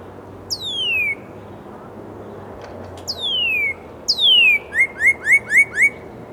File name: Northern Cardinal